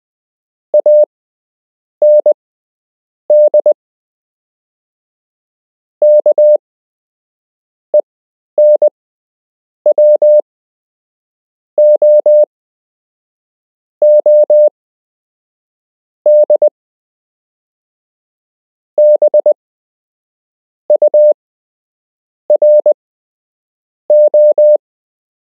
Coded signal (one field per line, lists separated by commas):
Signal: Morse code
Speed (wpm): 20 wpm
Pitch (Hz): 600 Hz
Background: none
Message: AND KENWOOD BURO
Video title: You can learn Morse code - Part 5